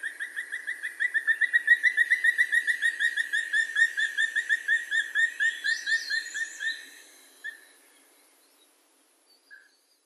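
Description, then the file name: Black woodpecker calling a long rapid series of ringing, evenly spaced notes that fades and stops after about seven seconds, followed by a couple of isolated notes. Recorded at Uryu on 27 April 2017. "kumagera uryu"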